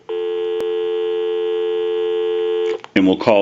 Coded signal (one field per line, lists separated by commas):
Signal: telephone call progress tone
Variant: North America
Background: speech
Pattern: dial tone